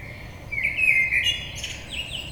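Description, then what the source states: Common blackbird giving one brief fluted phrase that breaks into a high, scratchy twitter, with steady low background noise. Recorded on 22 May 2022.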